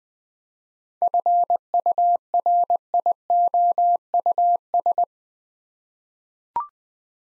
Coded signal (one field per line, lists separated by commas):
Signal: Morse code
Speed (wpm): 20 wpm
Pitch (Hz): 700 Hz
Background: none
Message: FURIOUS